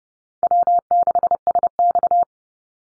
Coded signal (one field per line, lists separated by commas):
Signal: Morse code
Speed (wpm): 30 wpm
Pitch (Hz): 700 Hz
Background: none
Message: W6SX